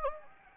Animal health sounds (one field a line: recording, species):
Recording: mosquito wingbeat signal from an infrared sensor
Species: Anopheles gambiae